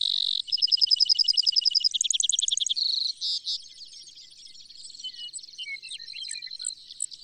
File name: Brewer's Sparrow